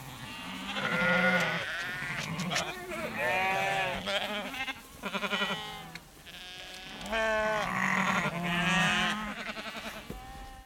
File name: sheep herd walk close bleating farmer female shakes food calls sheep